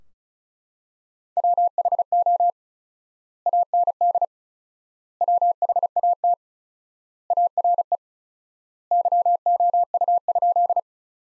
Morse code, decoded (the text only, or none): WHO AND WHAT ARE YOU?